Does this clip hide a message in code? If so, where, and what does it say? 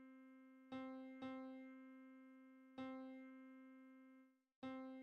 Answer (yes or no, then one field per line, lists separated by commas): no